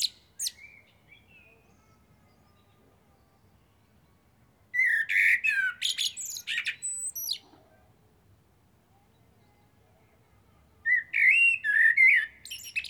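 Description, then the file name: Eurasian blackbird singing two long phrases of warbled whistles and high, scratchy twitters, separated by a quiet gap. "Turdus merula"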